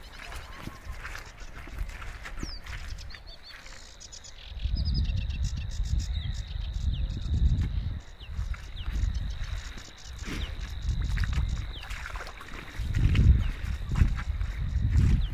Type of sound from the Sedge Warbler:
song